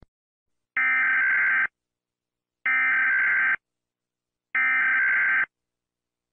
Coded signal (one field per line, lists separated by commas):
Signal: Emergency Alert System (SAME) tones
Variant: header bursts